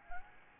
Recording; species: mosquito wingbeat signal from an infrared sensor; Aedes albopictus